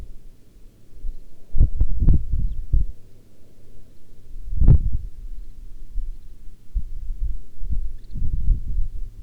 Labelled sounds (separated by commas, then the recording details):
songbird, wind
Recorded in the Arctic National Wildlife Refuge, Alaska, on 9 August 2019 at 11:03
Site 40